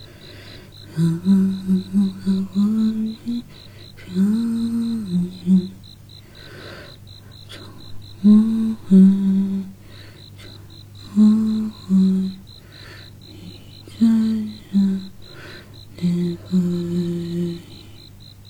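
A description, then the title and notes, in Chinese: A woman hums a soft, gently rising and falling tune in short phrases, over a steady low hum and a faint, rapid, high insect chirping throughout. 夏夜的虫儿鸣叫声伴随着妈妈轻轻哼着的歌声。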